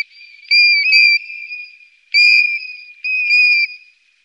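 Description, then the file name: European golden plover call: three clear, plaintive whistles on a steady pitch, separated by short pauses. "Ljungpipare"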